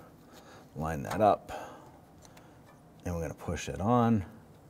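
Someone talks while lining up a wiring harness electrical connector to push it onto a new crankshaft position sensor on a 2005-2021 Nissan Frontier 4.0L V6, with faint handling noise between the words. The clip ends just before the connector goes home, so nothing has seated or clicked yet.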